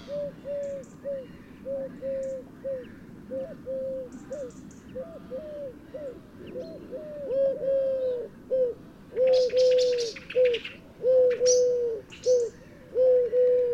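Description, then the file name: Eurasian collared dove cooing, a long run of low hollow notes repeated in steady rhythm, with brief high chirps from other birds in the background. "Eurasian Collared Dove Streptopelia decaocto"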